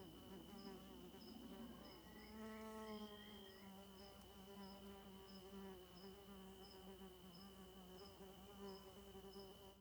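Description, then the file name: Fly buzzing: a low droning hum that swells and wavers in pitch as it circles, with crickets chirping in short regular pulses and a steady high tone behind. Several flies circling around the microphone at night, with crickets present. "Moscas Rondando o Microfone em Ambiente Noturno com Grilos"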